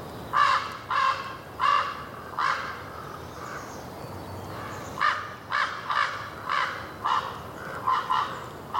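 A common raven gives a series of harsh, croaking calls, about four in a slow rhythm, then a pause and a quicker run of six or seven more. The calls are loud over a quiet background hiss.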